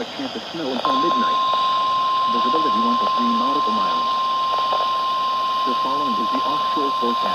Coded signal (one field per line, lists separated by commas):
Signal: Emergency Alert System (SAME) tones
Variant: 1050 Hz attention tone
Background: speech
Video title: 1/15/25 - KHB38 & WXJ94 Required Weekly Tests (EAS #1188 & EAS #1189)